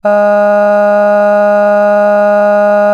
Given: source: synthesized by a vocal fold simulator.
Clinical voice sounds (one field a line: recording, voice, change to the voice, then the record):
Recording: sustained vowel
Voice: female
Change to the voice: cycle-to-cycle stiffness perturbation (roughness), level 2 of 10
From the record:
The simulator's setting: 0.96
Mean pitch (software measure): 206 Hz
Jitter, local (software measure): 0.46%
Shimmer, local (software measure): 3.6%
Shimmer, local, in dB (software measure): 0.32 dB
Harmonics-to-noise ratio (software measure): 25.4 dB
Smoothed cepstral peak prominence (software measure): 18.3 dB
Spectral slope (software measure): -21.9 dB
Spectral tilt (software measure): -9.3 dB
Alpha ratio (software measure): -12.4 dB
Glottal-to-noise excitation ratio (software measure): 0.976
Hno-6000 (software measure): 2.3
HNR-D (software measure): 40.4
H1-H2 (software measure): 9.5 dB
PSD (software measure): 2.2e-05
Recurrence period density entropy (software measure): 0.128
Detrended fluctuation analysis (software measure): 0.0275